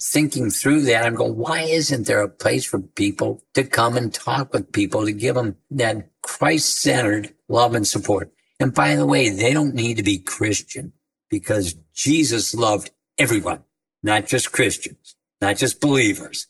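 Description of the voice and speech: A man with ALS, diagnosed four years earlier with a prognosis of two to three years to live, speaks in intelligible but slightly effortful phrases. His speech is broken by frequent short pauses, with some drawn-out sounds and a rough, creaky edge at phrase ends. This fits mild dysarthria from ALS, which is affecting his voice.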